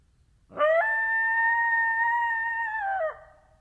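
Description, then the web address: Coyote howl: one long, steady, tonal note with rich harmonics, sliding up at the start, held for about two and a half seconds, then dropping off at the end. Recorded 19 April 2012; more than one coyote. "Coyote 2012 04 19 Coyotes"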